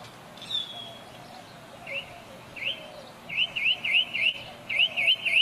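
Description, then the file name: Northern mockingbird song: a few spaced notes, then a fast series of rising chirps repeated several times. "Northern Mockingbird Sandtouch"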